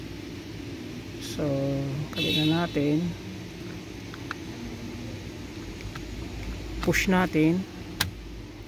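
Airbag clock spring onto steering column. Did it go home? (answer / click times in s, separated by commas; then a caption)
yes / 8.0 s. A new airbag clock spring for a Pajero is lined up on its guide and pushed by hand onto the steering column while someone talks. It locks into place with a single sharp click at 8.0 seconds, and the clock spring is seated.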